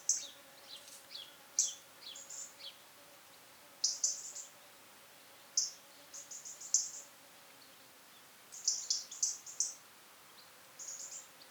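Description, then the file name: European robin call notes: bright, high ticks and thin chips in irregular clusters, some single and some in quick runs, against a quiet background. "Erithacus rubecula"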